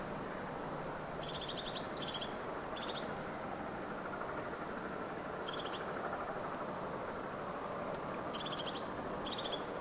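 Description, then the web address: Crested tit giving several brief buzzy rattling trills, spaced irregularly, against a constant low engine-like hum. Crested tit calling, recorded in Finland on 12 October 2024. "paivat 12 10 2024 tuollaista toyhtotiaisen aantelya"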